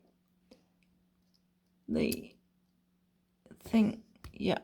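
A metal bobbin case, with its tab pressed, is handled and pushed toward the shuttle of an antique Gritzner sewing machine while someone talks, over a faint steady low hum with a few soft ticks. The clip ends before the case goes home, so nothing has seated or clicked yet.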